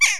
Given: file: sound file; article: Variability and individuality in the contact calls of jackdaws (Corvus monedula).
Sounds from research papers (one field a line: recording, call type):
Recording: jackdaw call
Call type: harmonic